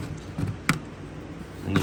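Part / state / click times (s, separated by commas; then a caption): air filter element in a skid steer air box / released / 0.7 s. The air filter element in the air box of a 2020 New Holland C327 skid steer is pulled out and twisted to unlock it, giving a sharp click at 0.7 s as it releases from the housing. A softer knock follows at about 1.8 s over a low background rumble, and the element is loose and ready to wiggle out.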